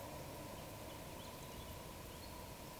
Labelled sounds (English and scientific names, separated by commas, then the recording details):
Eurasian Woodcock (Scolopax rusticola) whistle
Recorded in Baden-Württemberg, Germany, on 1 June 2020 at 19:47 UTC
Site 44397, 226 m above sea level